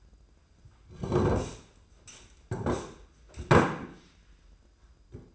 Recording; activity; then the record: daily activity, microphone in the room; sit down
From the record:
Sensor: 2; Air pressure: 995.8 hPa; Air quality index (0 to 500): 241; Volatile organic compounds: 1000 ppm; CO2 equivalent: 5932 ppm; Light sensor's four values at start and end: 25/60/26/29 and 28/66/29/32